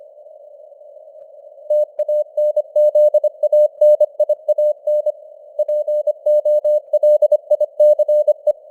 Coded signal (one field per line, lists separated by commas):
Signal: Morse code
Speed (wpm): 25 wpm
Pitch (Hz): 600 Hz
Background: none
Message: TANZANIAN POLICE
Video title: Morse Code News | 2025-11-09 | 25wpm